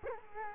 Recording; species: mosquito wingbeat signal from an infrared sensor; Culex quinquefasciatus